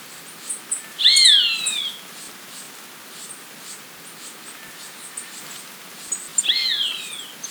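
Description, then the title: Black-crested warbler song: two brief, bright slurred phrases that sweep up and then fall away, about five seconds apart, with faint high chips between them. "Myiothlypis Nigrocristata"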